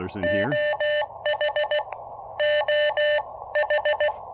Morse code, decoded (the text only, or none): OH OH